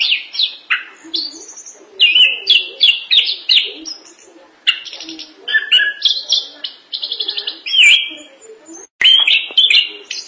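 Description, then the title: Thrush singing quick bursts of descending whistles and buzzy, trilled phrases, separated by short gaps, with a brief silence near the end. "burung anis"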